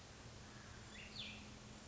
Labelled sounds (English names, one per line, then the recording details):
Cassin's Vireo
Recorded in Sonoma County, California